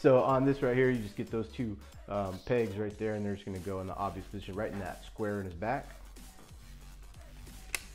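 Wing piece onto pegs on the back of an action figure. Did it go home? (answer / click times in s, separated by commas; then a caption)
yes / 7.8 s. Someone talks while pressing the wing piece of a 3A Blitzwing articulated collectible figure onto two pegs on its back, with quieter handling sounds after the speech. A sharp, short click at 7.8 s marks the wing seating into place.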